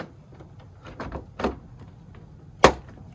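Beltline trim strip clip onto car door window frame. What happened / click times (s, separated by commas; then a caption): The trim clip snapped into place / 2.6 s. An OEM Piano Black beltline trim strip (part 51135A0B944) for a Mini F56 waistline dechrome is lined up with the groove along the car door window frame and pushed on. Softer handling knocks come around 1.0 s and 1.4 s, then a sharp, loud snap at 2.6 s as the clip seats onto the door.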